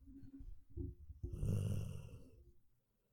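Low, rumbling snore from a sleeping male dog that falls into snoring very quickly: a few soft, rough breaths build to one louder, longer rattling snore around the middle, then fade away. Ordinary snoring during sleep, in a quiet indoor room.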